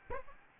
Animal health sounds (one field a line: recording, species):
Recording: mosquito wingbeat signal from an infrared sensor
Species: Aedes albopictus